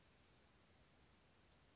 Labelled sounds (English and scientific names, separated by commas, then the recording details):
Western Flycatcher (Empidonax difficilis)
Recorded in Sonoma County, California